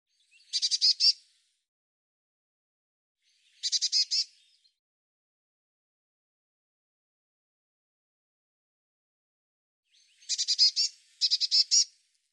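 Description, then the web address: Bird giving short, high chattering call bursts of several quick notes, separated by long silent gaps, with two bursts close together near the end. "cianscape birddata Deverinetal 2025 File cleaned normalized Bird Cy Ca"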